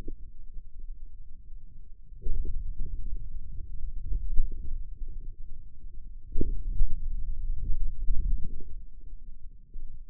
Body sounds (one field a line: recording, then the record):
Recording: forearm muscle sounds (acoustic myography)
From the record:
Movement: finger pinch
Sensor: system 2, bracelet of six BSWA MPA416 microphones around the upper forearm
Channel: 6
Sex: male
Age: 22 years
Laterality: right